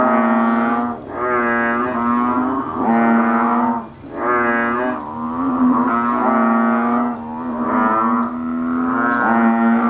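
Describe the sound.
Banded bullfrog giving low, bellowing, moo-like calls in close succession, some running together.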